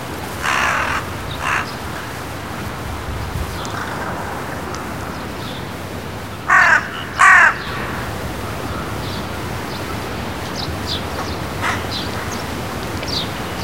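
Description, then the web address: Large-billed crow cawing: a few caws early on and a pair of loud hoarse calls near the middle, against steady background hiss. Recorded at Azamidani. "raivu sansaku azamidani sound bird hasibosogarasu"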